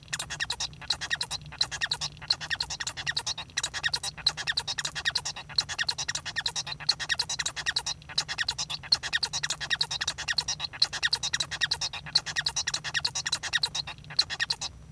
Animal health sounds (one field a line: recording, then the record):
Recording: song of a male Bengalese finch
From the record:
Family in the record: son of father 1